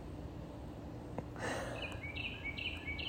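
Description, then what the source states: Carolina Wren song: a brief noisy burst, then three quick repeated phrases over a steady hiss. Same wren singing again live in a neighborhood; song rendered as 'cheeseburger, cheeseburger, cheese'.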